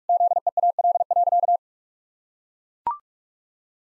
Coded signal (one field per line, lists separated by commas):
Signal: Morse code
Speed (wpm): 41 wpm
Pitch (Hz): 700 Hz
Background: none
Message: ZEAL.